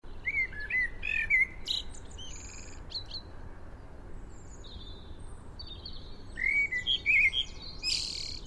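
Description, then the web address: Common blackbird singing two phrases of fluted, wavering whistles, each trailing into high scratchy twittering, separated by a pause of several seconds, with background hiss. "SETE Turdus merula"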